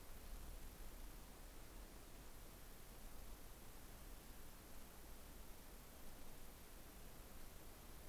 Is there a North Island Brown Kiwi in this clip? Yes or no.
no